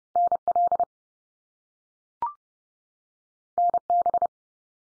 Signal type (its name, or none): Morse code